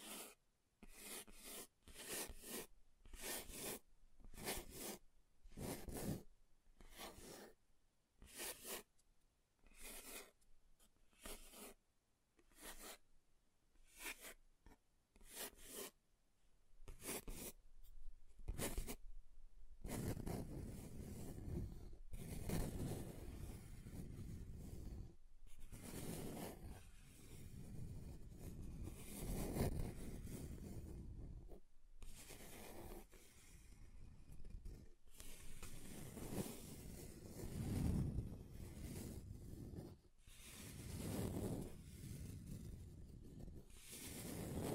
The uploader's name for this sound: Table Scratching Different Surfaces